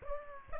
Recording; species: mosquito wingbeat signal from an infrared sensor; Aedes aegypti